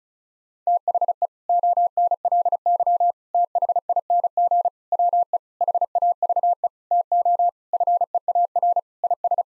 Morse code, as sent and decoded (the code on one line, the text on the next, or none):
- .... . / --- -. .-.. -.-- / - .... .. -. --. / .-- . / .... .- ...- . / - --- / ..-. . .- .-. / .. ...
THE ONLY THING WE HAVE TO FEAR IS